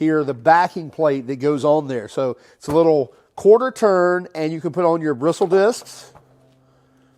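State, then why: Not seated. A bristle abrasive disc is handled near the quarter-turn connector of a 3-inch backing plate for a die grinder or drill, ready to be given a quick quarter-to-half turn to lock it on. Someone talks throughout, and a faint low hum remains after the talk stops near 6 seconds. Nothing has seated or clicked yet.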